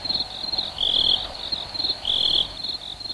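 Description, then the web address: Cricket giving a high shrill trill that swells into two louder bursts over steady background noise. "BR 1 Archive Sounds Crickets"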